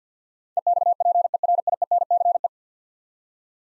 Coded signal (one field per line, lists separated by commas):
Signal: Morse code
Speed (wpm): 50 wpm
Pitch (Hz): 700 Hz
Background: none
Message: EXPERIENCE